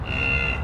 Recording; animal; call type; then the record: contact call of a hoofed animal; cattle; low-frequency (closed-mouth) or high-frequency (open-mouth) call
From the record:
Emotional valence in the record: negative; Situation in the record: full separation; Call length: 0.64 s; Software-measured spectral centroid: 1910 Hz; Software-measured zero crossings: 3210 a second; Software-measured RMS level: -24 dBFS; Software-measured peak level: -11 dBFS